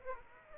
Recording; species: mosquito wingbeat signal from an infrared sensor; Aedes aegypti